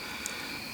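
On a 1993 Ford Escort, the locking tab on the middle wiring harness connector from the instrument panel is pressed, giving a short sharp click at 0.3 s over a steady broadband hiss. The plug comes free and the connector is released.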